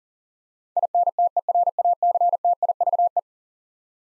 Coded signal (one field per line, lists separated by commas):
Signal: Morse code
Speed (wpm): 40 wpm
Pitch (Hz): 700 Hz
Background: none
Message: INTERACTIVE